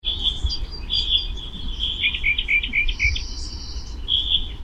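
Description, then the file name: Bird calls: bright high chirps and short whistled notes run in a quick, steady series over a constant low rumbling background noise. "pajaros"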